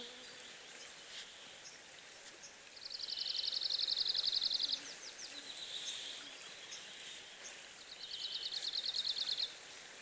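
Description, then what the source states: Arctic warbler singing two rapid metallic trills separated by a pause with softer high notes in between. Recorded 24 June 2015.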